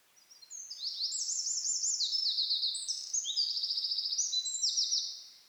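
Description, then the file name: Eurasian wren song, a continuous stream of piercing high notes and buzzy rattling trills lasting about five seconds. "Troglodytes troglodytes"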